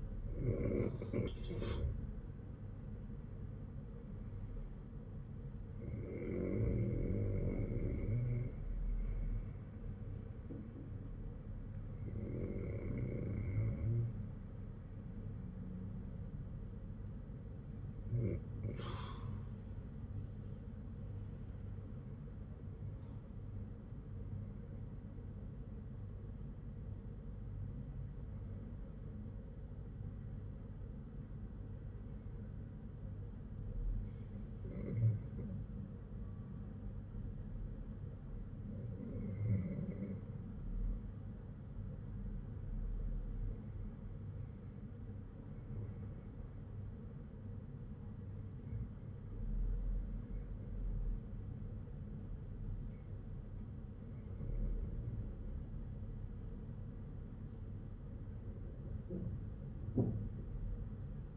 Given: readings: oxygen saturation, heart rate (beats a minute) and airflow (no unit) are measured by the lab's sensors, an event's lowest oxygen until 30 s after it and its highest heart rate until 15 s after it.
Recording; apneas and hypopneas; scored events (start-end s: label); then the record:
breathing in sleep by a smartphone at the bedside; 1
21.00-53.30 s: hypopnea (REM, oxygen 98% highest, then 95% lowest, heart rate 60 at the start, 60 highest)
From the record:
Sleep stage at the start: REM sleep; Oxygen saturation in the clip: 91 to 98%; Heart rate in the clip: 55 to 72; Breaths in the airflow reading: 14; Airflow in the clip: -9.3 to 12.0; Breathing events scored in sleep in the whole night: 182 in 7.4 hours asleep